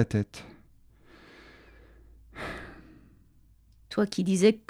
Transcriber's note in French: soupir